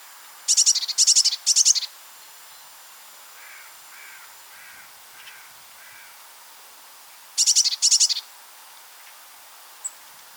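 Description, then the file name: Eurasian blue tit giving three rapid high note clusters, then a pause with faint lower notes, then two more bursts and a brief click. "Cyanistes caeruleus"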